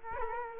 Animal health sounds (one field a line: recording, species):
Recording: mosquito wingbeat signal from an infrared sensor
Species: Culex quinquefasciatus